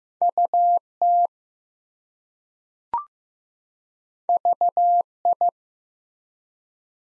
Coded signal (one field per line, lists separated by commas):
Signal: Morse code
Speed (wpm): 15 wpm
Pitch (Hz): 700 Hz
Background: none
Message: UT VI